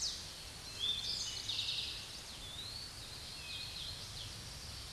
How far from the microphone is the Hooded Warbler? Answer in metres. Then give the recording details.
about 115 m. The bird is about 30 m above the microphone. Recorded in a Pennsylvania forest on 16 May 2024 at 09:51. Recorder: AudioMoth, point MSD-1338. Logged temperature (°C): 12.6 °C. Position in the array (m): 154 m, 145 m